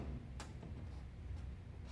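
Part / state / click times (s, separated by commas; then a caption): tabbed locking coupling into the machine frame assembly / seated / 0.4 s. After the frames of a lab machine set are aligned, the tabs are pulled and a tabbed locking coupling is pushed into the machine frame assembly, where it clicks home at 0.4 s over a steady low hum. The coupling seats and is then tested by pulling a little to check it does not come out.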